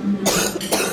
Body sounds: coughing mixed with background sound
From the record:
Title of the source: 60 coughing still (deep and wet cough)

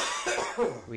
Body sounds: coughing mixed with background sound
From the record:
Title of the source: Spring Cold Coughing 2

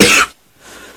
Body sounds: coughing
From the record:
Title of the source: 64 coughing, allergies, singing lungs

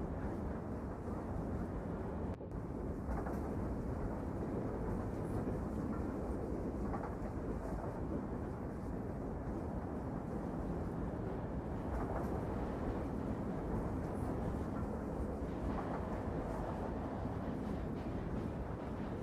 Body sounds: background sound without coughing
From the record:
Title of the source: Train Ride Ambience ambient white noise for sleeping, focus, studying, reading

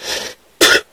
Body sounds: coughing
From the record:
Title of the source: 55 gaggy wet cough

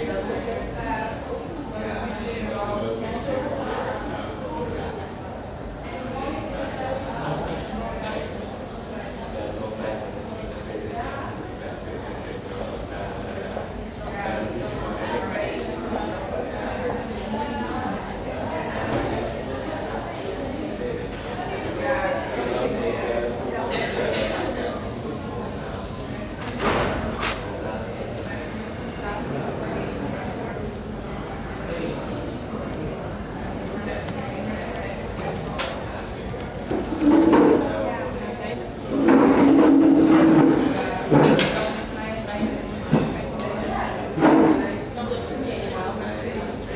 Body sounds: background sound without coughing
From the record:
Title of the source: 40 min - Ambience sounds UNIVERSITY lunchroom chatting

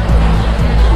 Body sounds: background sound without coughing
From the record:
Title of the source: Party Noise 1 Hour Party Ambience

